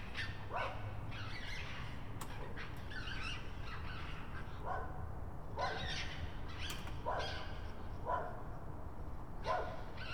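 Raccoon raspy calls in irregular bursts, rough and chattering, with a low hum underneath at first.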